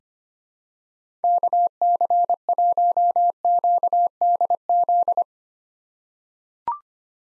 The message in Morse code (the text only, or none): KC1QDZ